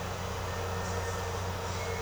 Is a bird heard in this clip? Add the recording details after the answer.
no. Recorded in secondary vegetation near Puerto Asís, Putumayo, Colombia, on 4 March 2025 at 09:30. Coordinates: 0.468, -76.324. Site G059